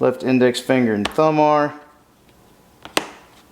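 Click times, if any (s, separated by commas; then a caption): 3.0 s. Someone talks while reinstalling the right cheek pad of a motorcycle helmet, pressing a plastic snap near the front into the helmet shell with finger and thumb. After the talking stops, a sharp click rings out at 3.0 s as the snap clicks in and the cheek pad is seated.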